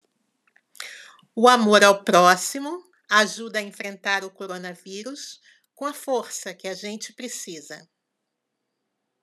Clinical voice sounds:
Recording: spoken sentence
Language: Brazilian Portuguese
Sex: female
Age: 60 to 69 years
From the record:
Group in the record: control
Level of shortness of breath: 0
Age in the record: 65 years

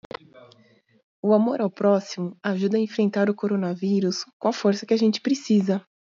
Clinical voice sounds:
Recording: spoken sentence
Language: Brazilian Portuguese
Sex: female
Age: 30 to 39 years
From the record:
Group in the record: control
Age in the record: 36 years

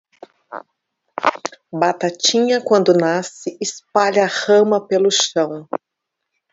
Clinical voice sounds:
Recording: short text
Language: Brazilian Portuguese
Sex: female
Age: 40 to 49 years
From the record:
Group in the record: control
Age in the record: 47 years

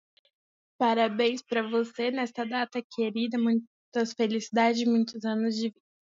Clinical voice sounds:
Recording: short text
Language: Brazilian Portuguese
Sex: female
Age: 18 to 19 years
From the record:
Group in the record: control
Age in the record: 18 years

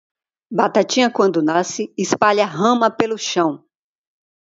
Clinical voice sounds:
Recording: short text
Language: Brazilian Portuguese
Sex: female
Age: 50 to 59 years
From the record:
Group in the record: control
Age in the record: 57 years

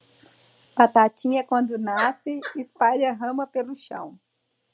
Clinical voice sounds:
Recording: short text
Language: Brazilian Portuguese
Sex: female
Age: 20 to 29 years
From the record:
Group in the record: control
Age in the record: 29 years

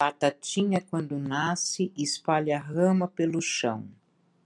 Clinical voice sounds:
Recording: short text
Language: Brazilian Portuguese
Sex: female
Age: 60 to 69 years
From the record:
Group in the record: control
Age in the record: 60 years

